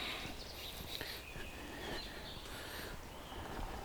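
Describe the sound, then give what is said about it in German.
A woodpecker taps on a tree in quick, irregular knocks, with faint high bird chirps over a steady outdoor hiss. “Entweder er hämmert sich jetzt eine Baumhöhle zurecht oder er sucht Borkenkäfer.”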